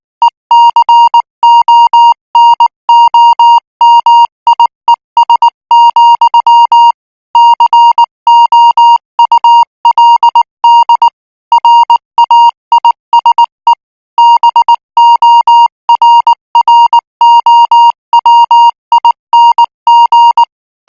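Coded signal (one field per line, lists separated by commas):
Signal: Morse code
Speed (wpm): 19 wpm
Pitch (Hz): 940 Hz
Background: music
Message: ECONOMIES, COULD RAISE BORROWING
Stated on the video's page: Morse training signal for international radio signals at 18 words per minute.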